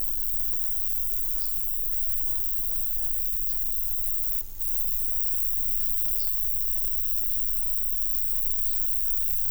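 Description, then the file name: Roesel's bush-cricket, a steady high-pitched buzzing song throughout, with brief bird chirps repeating every couple of seconds and low background rumble. 24 July 2016 at Buchhorst around 10:20, sunny and dry, about 30 °C, wind force 2 Beaufort. "160724 roebushcrick 1020 h 30 C W 40 2 BFT SUN DRY buchhorst"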